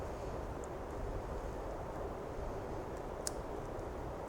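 The white plastic tag light connector is plugged into the tail harness connector on a DRZ4S motorcycle, which is being fitted with a fender eliminator. A steady broadband hiss fills the clip until a single sharp click at 3.3 s as the connector seats.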